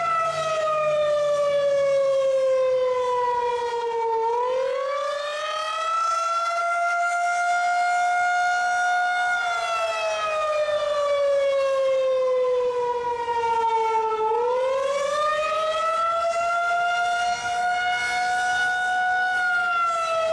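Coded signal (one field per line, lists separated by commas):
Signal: siren signal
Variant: Federal Signal 2001-130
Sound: loud outdoor siren wailing, pitch slowly falling then rising, twice in 20 seconds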